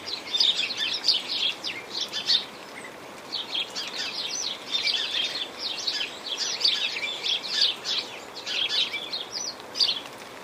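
Sparrow chorus of sharp, repeated chirps in dense flurries separated by short gaps, with a continuous rain-like hiss underneath.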